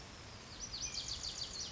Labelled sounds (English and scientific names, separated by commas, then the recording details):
Lazuli Bunting (Passerina amoena)
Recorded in Sonoma County, California